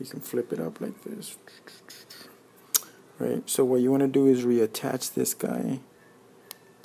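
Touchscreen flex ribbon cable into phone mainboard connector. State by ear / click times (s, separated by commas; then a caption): seated / 6.5 s. A loose touchscreen flex ribbon cable is reattached and pressed into its mainboard connector inside a Samsung phone while someone talks. A short, sharp snap at 6.5 s marks the ribbon connector seating in its socket.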